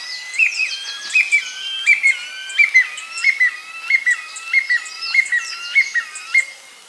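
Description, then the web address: Strong-billed woodcreeper giving a steady series of about a dozen hooked, whistled notes, each dropping in pitch. Recorded in Ecuador, South America. "Birds of Ecuador 2. Strong-Billed Woodcreeper"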